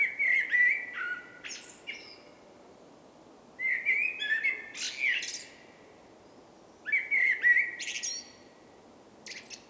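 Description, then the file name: Common blackbird singing three rich whistled phrases, each followed by squeaky high twittering, with short quiet gaps between them. "Turdus merula"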